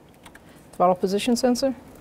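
A wiring harness connector is handled at the throttle position sensor of a 1998-2002 Honda Accord, with faint short ticks near 0.3 and 0.4 seconds before someone talks from about 0.8 seconds onward. The connector has not seated or clicked into the sensor yet.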